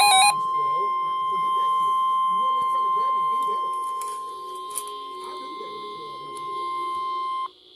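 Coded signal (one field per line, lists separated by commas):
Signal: Emergency Alert System (SAME) tones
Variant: 1050 Hz attention tone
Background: speech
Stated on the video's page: Emergency Alert System tones from real alerts relayed by NOAA Weather Radio station WXJ71.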